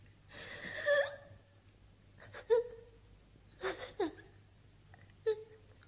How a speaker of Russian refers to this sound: Что ты, малыш? Не надо. Ну, не плачь, малыш.